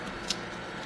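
A click torque wrench tightens a bolt coated with blue threadlocker on the front axle steering knuckle of a 2021 Jeep JLUR to 15 foot-pounds during a Dyantrac HD ball joint installation. A single sharp, bright click at 0.3 s rises over steady low background noise, marking the wrench reaching its 15 foot-pound setting.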